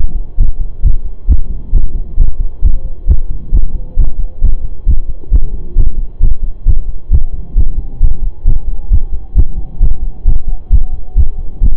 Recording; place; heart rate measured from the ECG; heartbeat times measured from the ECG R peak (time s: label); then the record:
heart sounds by stethoscope; between the tricuspid and mitral areas; 134 bpm
0.39 s: heartbeat
0.83 s: heartbeat
1.28 s: heartbeat
1.73 s: heartbeat
2.18 s: heartbeat
2.63 s: heartbeat
3.08 s: heartbeat
3.53 s: heartbeat
3.97 s: heartbeat
4.42 s: heartbeat
4.87 s: heartbeat
5.32 s: heartbeat
5.77 s: heartbeat
6.21 s: heartbeat
6.66 s: heartbeat
7.11 s: heartbeat
7.56 s: heartbeat
8.01 s: heartbeat
8.46 s: heartbeat
8.91 s: heartbeat
9.36 s: heartbeat
9.81 s: heartbeat
10.26 s: heartbeat
10.71 s: heartbeat
11.16 s: heartbeat
11.62 s: heartbeat
From the record:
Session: pedaling a stationary bicycle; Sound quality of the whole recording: saturated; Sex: male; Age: 25 years